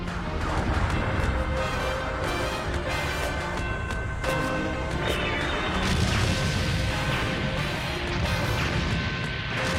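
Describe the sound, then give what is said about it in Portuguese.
A loud, relentless barrage of explosions and crashing impacts, sharp bursts hitting at irregular intervals over a dense, roaring wash with some high tonal whines running through it. “Ele está a avançar pelo meio daquelas explosões todas.”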